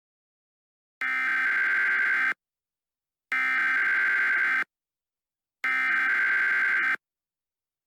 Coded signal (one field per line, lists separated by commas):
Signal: Emergency Alert System (SAME) tones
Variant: header bursts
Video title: EAS Scenario - Rainier